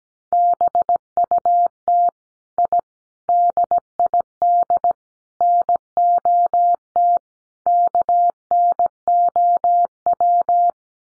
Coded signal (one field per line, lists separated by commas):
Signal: Morse code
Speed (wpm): 17 wpm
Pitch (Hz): 700 Hz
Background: none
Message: BUT I DID NOT KNOW